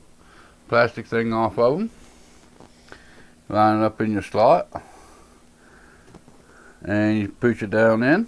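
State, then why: Not seated. Someone talks while a graphics card is lined up over the PCIe slot on a motherboard, ready to be pushed down. Only faint, soft handling noises are heard between the words. The card has not seated or clicked yet.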